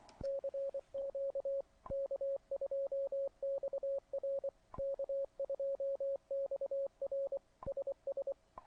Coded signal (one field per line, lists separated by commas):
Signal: Morse code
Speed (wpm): 24 wpm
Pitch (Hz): 550 Hz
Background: radio noise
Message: CQ K2XR K2XR SS